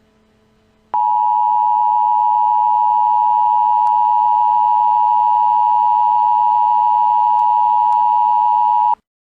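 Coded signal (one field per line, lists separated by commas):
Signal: Emergency Alert System (SAME) tones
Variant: 853 and 960 Hz attention tone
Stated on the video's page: Fictional mock EAS scenario following a summer thunderstorm.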